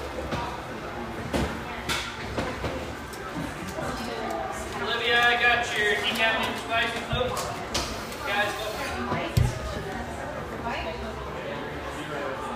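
Café chatter runs steadily through the clip, with overlapping voices and one clearer voice rising between about 5 and 9 seconds. Sharp clinks and knocks, like dishes or cups, break in every few seconds, the strongest near 9 seconds, over a low steady murmur.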